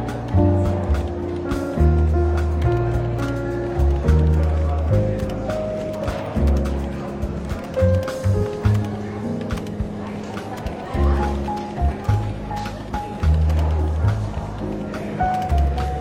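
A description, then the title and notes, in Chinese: A café ambience with soft jazz playing underneath: a steady bass line walks through low notes while piano-like chords and melody sit above. Murmuring voices and scattered clinks and knocks of cups and chairs run throughout, at an even, moderate level. 伦敦书店咖啡馆轻微喧闹氛围与柔和轻松的爵士背景音乐。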